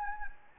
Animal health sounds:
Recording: mosquito wingbeat signal from an infrared sensor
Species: Anopheles gambiae

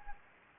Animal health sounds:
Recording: mosquito wingbeat signal from an infrared sensor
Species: Anopheles gambiae

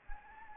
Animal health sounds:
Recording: mosquito wingbeat signal from an infrared sensor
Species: Anopheles gambiae

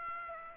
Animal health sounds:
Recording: mosquito wingbeat signal from an infrared sensor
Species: Aedes aegypti

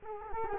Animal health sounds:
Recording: mosquito wingbeat signal from an infrared sensor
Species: Culex quinquefasciatus

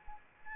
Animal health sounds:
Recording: mosquito wingbeat signal from an infrared sensor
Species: Anopheles arabiensis

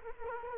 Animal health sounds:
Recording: mosquito wingbeat signal from an infrared sensor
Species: Culex quinquefasciatus

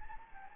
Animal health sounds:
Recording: mosquito wingbeat signal from an infrared sensor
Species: Anopheles gambiae

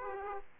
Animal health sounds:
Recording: mosquito wingbeat signal from an infrared sensor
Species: Aedes aegypti

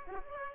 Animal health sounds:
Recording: mosquito wingbeat signal from an infrared sensor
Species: Aedes aegypti

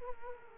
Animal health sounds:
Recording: mosquito wingbeat signal from an infrared sensor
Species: Culex quinquefasciatus

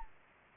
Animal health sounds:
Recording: mosquito wingbeat signal from an infrared sensor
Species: Anopheles gambiae

